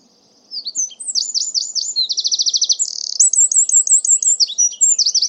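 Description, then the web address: Songbird singing a long, varied high phrase: sweeping downslurred notes, a rapid trill, then repeated sharp chirps, all fast and jumbled. "cianscape birddata Deverinetal 2025"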